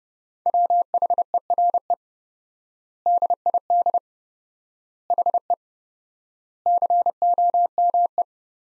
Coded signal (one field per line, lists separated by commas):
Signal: Morse code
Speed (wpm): 32 wpm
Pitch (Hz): 700 Hz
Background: none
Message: WHERE DID HE COME